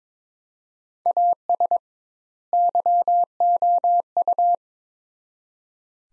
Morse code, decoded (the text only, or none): AS YOU